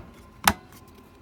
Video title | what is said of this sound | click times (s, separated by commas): Foho BCD52 portable car fridge/freezer | you close the latch you can hear very positive click there's no guessing if the letter at the door is closed or not | 0.5 s